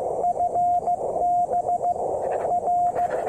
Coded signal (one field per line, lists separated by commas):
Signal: Morse code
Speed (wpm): 15 wpm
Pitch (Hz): 720 Hz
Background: radio noise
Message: FB R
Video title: QRPGUY V2Keyer or 2m Twin-DL TEST